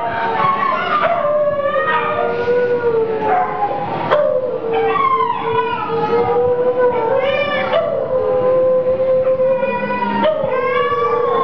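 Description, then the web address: Domestic dogs howling: long, wavering howls sliding up and down, with little break. Irritated dogs at a hotel in Laxman Jhula, Rishikesh, India. "Jani Hirvonen Field Recordings From India Nepal Jani Hirvonen. Chickensong With Irritated Dogs In Hotel Shiv Shakti Laxman Jhula Rishikesh"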